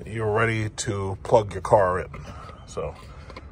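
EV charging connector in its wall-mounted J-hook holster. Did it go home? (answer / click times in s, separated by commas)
no / none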